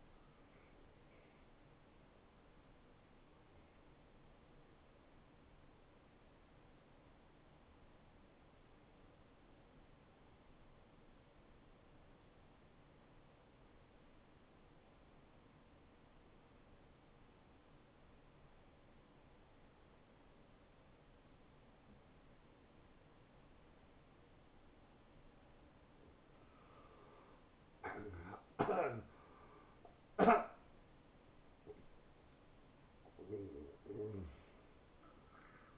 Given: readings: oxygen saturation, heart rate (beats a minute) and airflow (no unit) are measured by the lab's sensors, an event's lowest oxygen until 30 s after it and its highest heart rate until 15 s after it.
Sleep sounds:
breathing in sleep by a voice recorder at the bedside; 1
4.00-27.70 s: hypopnea (N1, oxygen 83% highest, then 78% lowest, heart rate 84 at the start, 84 highest)
11.00-35.78 s: new sleep stage, N2 (light sleep)
From the record:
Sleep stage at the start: N1 (lightest sleep); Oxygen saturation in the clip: 78 to 94%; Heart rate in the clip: 73 to 85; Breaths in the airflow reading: 4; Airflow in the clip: -8.9 to 8.5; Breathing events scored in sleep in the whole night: 263 in 5.5 hours asleep

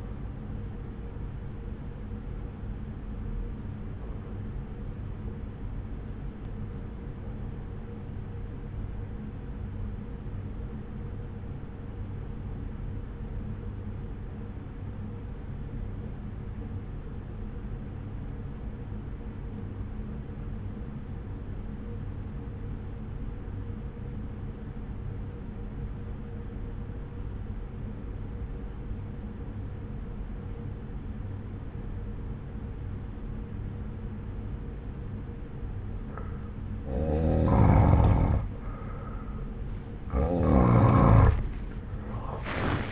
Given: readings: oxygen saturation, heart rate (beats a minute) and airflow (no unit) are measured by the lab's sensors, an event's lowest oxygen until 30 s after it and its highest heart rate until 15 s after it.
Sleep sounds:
breathing in sleep by a smartphone at the bedside; 1
4.00-38.70 s: obstructive apnea (N1, oxygen 96% highest, then 87% lowest)
13.00-42.92 s: new sleep stage, N2 (light sleep)
From the record:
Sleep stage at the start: N1 (lightest sleep); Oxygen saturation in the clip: 84 to 96%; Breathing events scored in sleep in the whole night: 303 in 8.1 hours asleep

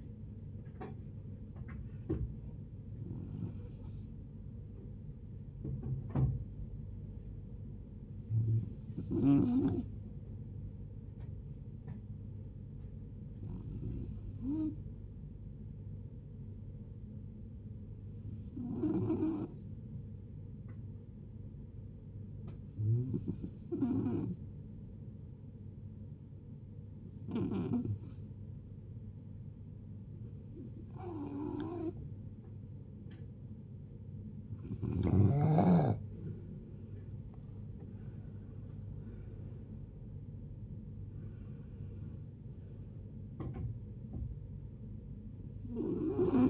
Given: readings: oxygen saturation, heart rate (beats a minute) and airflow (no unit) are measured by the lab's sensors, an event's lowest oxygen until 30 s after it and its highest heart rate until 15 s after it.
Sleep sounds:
a person awake in a sleep study, by a smartphone at the bedside; none
0.00-46.50 s: awake
0.00-46.50 s: awake
From the record:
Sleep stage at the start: awake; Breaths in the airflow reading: 19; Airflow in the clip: -0.6 to 0.5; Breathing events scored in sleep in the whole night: 496 in 5.4 hours asleep

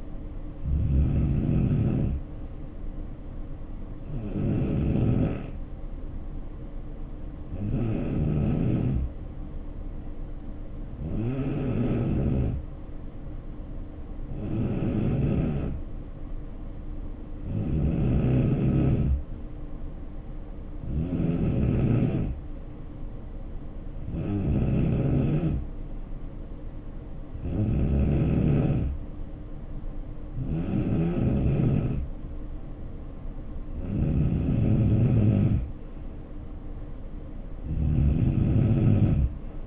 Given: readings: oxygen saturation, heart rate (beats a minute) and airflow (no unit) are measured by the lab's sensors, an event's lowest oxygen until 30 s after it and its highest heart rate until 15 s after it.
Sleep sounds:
breathing in sleep by a smartphone at the bedside; 1
8.00-21.60 s: hypopnea (N2, oxygen 92% highest, then 89% lowest, heart rate 67 at the start, 74 highest)
10.00-39.67 s: new sleep stage, N3 (deep sleep)
From the record:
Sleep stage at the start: N2 (light sleep); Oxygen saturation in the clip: 89 to 92%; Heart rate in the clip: 67 to 74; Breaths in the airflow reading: 12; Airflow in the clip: -5.9 to 3.4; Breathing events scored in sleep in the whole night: 520 in 7.2 hours asleep

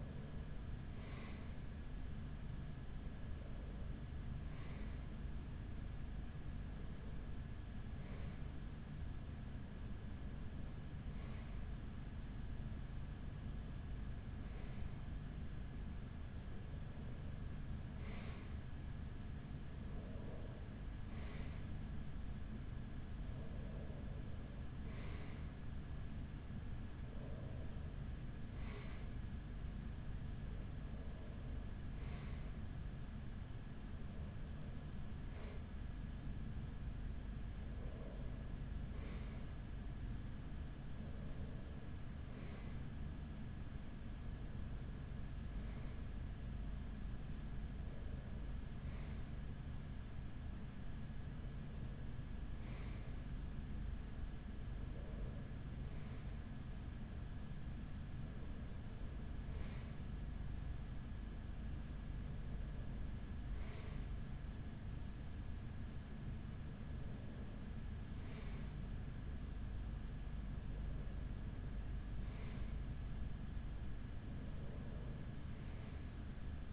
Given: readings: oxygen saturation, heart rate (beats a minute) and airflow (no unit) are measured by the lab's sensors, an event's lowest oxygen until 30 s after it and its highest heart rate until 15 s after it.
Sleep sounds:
breathing in sleep by a smartphone at the bedside; none
none scored
From the record:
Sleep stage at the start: REM sleep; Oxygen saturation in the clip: 95 to 97%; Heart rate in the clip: 44 to 50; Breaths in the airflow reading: 22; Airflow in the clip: -7.3 to 5.6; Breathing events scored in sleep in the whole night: 207 in 7.6 hours asleep

